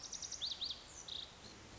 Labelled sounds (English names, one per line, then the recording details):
Lazuli Bunting
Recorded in Sonoma County, California